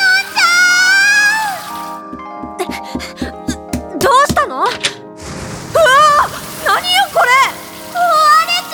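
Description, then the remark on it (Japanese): Bathwater overflows out of the bath in the Umi Monogatari drama CD, running and splashing steadily beneath young voices talking, with a burst of sharp drips and splatters in the middle before the voices rise again over the flow. “の外に溢れてない？ あ、本当だ、止めなきゃ。”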